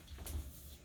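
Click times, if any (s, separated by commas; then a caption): none. The lid of a laboratory launder-ometer, a washing test machine, is handled as it is pressed down toward its door latch. Over a steady low hum, a brief louder burst of noise rises at about 0.3 s and then settles back. Nothing has clicked or seated yet.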